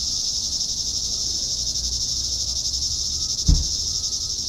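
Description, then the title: Cicadas droning in a continuous, steady high-pitched buzz with slight pulsing, and a single dull thump partway through. "neoscenes: cicadas"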